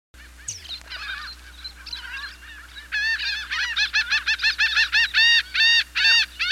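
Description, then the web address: Laughing gull calling: scattered nasal yelps at first, then a rapid run of loud, evenly spaced laughing 'ha-ha' notes. "101 Bird Songs. Laughing Gull"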